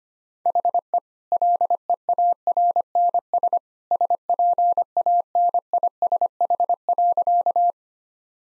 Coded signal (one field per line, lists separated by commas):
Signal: Morse code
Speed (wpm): 25 wpm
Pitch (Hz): 700 Hz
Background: none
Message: HE LEARNS SPANISH.